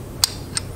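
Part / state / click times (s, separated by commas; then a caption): projectile launcher piston catching on the first-notch latch / seated / 0.2 s. A ramrod pushes the ball into a projectile launcher barrel, compressing the spring until the piston's trigger catch engages on the first-notch latch. A sharp little click is heard at 0.2 s, followed by a fainter click at 0.6 s. The launcher seats at the first notch.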